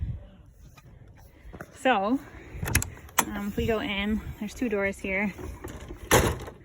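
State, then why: Seated. Someone talks while an RV screen door is pushed against the main entry door. At 6.1 seconds there is a single sharp knock as the two doors latch into one another and lock together in place.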